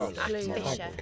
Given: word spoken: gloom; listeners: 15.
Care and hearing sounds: one English word in noise, from a listening test; four-talker babble; -2.6 dB; 0 of 15; 8 of 15; 0.62 s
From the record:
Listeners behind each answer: 8, 2, 1, 1, 1, 1, 1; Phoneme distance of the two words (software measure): 40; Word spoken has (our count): 1 syllable, 4 phonemes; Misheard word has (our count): 2 syllables, 4 phonemes, stress on syllable 1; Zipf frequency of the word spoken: 3.60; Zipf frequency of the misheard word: 3.75

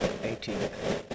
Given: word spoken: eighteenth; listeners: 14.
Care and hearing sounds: one English word in noise, from a listening test; noise modulated by three-talker babble; -5.4 dB; 8 of 14; 6 of 14; 0.75 s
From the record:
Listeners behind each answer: 8, 6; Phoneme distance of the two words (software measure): 7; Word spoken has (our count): 2 syllables, 5 phonemes, stress on syllable 1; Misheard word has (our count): 2 syllables, 4 phonemes, stress on syllable 1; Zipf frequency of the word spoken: 2.36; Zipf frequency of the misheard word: 2.85

